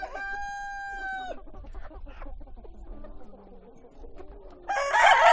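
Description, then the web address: Chicken sounds: a rooster crow with a long level note opens, then quiet clucking from hens, and another loud crow bursts in at the end. Hens and roosters at a poultry farm. "granja avicola sonidos de gallinas y gallos"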